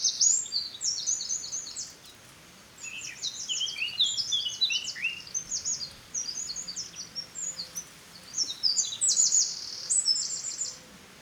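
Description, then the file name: Eurasian wren singing hurried series of sharp high notes and short rattling trills, with brief pauses, and a bright trill near the end. "Troglodytes troglodytes"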